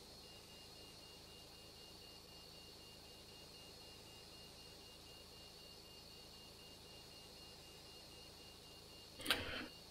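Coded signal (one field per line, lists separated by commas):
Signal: none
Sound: flight simulator cockpit beeps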